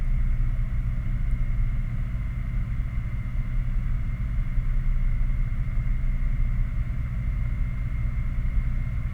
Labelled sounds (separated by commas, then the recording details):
machinery, flare stack
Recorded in the Prudhoe Bay oil fields, Alaska, on 11 August 2019 at 22:43
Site 29